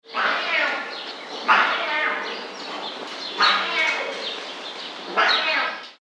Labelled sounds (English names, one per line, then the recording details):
Jungle Cat
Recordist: Tembrock, Günter
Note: Maunzen